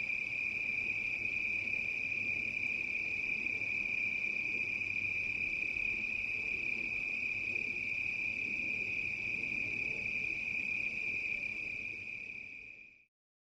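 Cricket giving a steady, unbroken high trill that holds one pitch throughout, over a soft background hiss.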